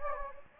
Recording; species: mosquito wingbeat signal from an infrared sensor; Anopheles gambiae